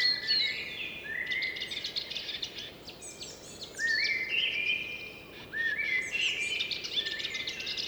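Blackbird giving several fluty warbled song phrases with high squeaky endings, separated by short gaps.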